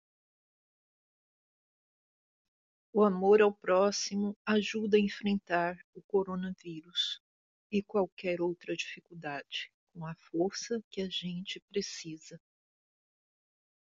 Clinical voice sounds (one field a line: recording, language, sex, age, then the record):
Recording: spoken sentence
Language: Brazilian Portuguese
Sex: female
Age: 60 to 69 years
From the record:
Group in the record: control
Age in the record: 62 years